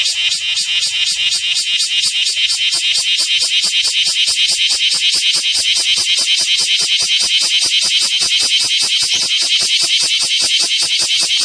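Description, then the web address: Bear cicada song in rapid pulses, a harsh rasping buzz throbbing throughout. "insect kumazemi"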